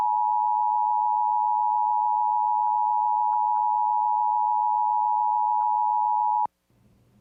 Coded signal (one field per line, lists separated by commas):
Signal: Emergency Alert System (SAME) tones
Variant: 853 and 960 Hz attention tone